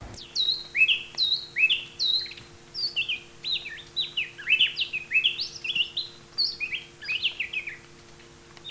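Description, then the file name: Grey-breasted wood wren singing a fast run of clear whistled phrases that rise and fall, each note sliding, repeated almost without pause; a steady low hum underneath. "Henicorhina leucophrys - Grey-breasted Wood Wren"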